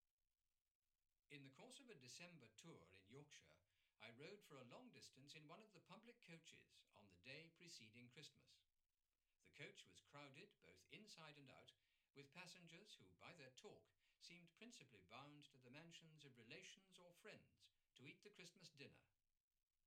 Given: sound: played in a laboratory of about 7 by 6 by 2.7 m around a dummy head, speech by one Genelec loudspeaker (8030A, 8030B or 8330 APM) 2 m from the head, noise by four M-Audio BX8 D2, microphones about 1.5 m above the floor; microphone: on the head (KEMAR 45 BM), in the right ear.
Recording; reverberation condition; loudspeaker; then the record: male speech in English; low; 30 degrees to the right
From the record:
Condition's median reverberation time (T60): about 310 ms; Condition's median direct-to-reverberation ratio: about 3.5 dB